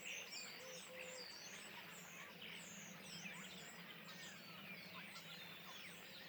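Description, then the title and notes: Common starling flock calls, a busy mix of sharp high whistles, slurred squeaks and rattling chatter overlapping throughout. Flock perched in trees beside a pond, Le Louroux, Indre-et-Loire, France; recorded in stereo ORTF with Sennheiser MKH8020 microphones, Rycote and a Sound Devices MixPre-6 II. "Le Louroux, Loches, Indre-et-Loire, Centre-Val de Loire, France métropolitaine, 37240, France - étourneaux sansonnet dans les arbres. Nuée d'étourneaux posés dans un arbre aux abords de l'étang du louroux"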